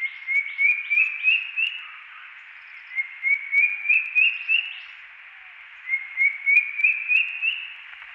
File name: Drongo Cuckoo